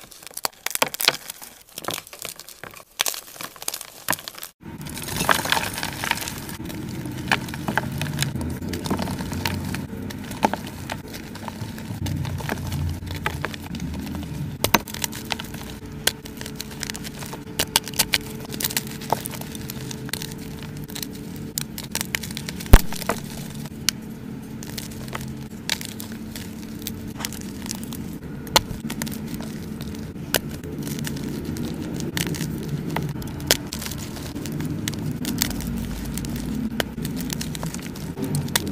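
Crushing and crackling noises, dense and continuous with frequent sharp snaps scattered throughout. A brief quieter, sparser stretch opens the clip before the sound thickens around five seconds. A low steady rumble sits underneath, with one louder crack near twenty-three seconds.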